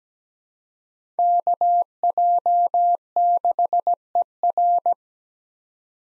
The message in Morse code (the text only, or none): KJ6ER